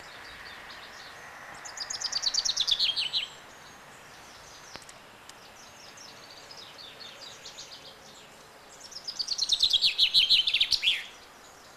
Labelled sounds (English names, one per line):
Common Chaffinch